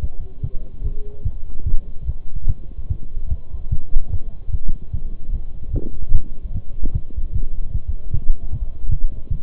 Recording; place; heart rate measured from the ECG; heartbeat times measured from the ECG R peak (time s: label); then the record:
heart sounds by stethoscope; between the tricuspid and mitral areas; 149 bpm
0.03 s: heartbeat
0.44 s: heartbeat
0.85 s: heartbeat
1.26 s: heartbeat
1.67 s: heartbeat
2.08 s: heartbeat
2.49 s: heartbeat
2.90 s: heartbeat
3.31 s: heartbeat
3.72 s: heartbeat
4.13 s: heartbeat
4.54 s: heartbeat
4.94 s: heartbeat
5.34 s: heartbeat
5.74 s: heartbeat
6.15 s: heartbeat
6.55 s: heartbeat
6.94 s: heartbeat
7.35 s: heartbeat
7.74 s: heartbeat
8.14 s: heartbeat
8.53 s: heartbeat
8.92 s: heartbeat
9.31 s: heartbeat
From the record:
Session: Bruce protocol treadmill stress test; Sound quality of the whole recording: partially saturated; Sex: male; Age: 23 years